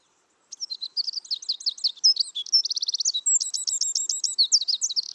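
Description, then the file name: Eurasian wren delivering a rapid, high-pitched song of trills and rattles that runs on without pause to the end. "Troglodytes troglodytes"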